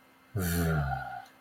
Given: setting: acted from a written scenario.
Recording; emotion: vocal sound without words; contempt